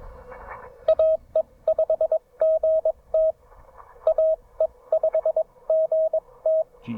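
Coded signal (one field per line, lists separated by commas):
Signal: Morse code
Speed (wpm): 21 wpm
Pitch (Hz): 640 Hz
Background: none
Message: AE5GT AE5GT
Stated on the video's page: CW from a QRP portable park activation (POTA) with a Penntek TR45L and a homebrew end-fed half-wave antenna.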